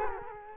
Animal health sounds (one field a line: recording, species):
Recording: mosquito wingbeat signal from an infrared sensor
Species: Culex quinquefasciatus